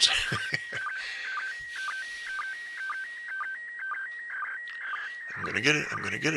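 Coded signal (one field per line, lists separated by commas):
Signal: SSTV (slow-scan television)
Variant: PD 120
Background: speech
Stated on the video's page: Live ISS SSTV satellite pass.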